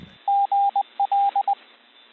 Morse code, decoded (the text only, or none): GL